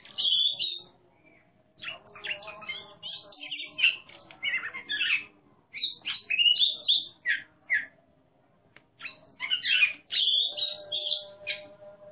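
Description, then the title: Oriental magpie-robin song in bursts separated by short pauses, mixing bright whistled slurs with scratchy, buzzy notes. Competition bird described as a national champion, singing in the 'ngeplong' style, in full song ('gacor'). "burung berkicau Kacer Ngeplong gacor Juara Nasional. burung Kacer"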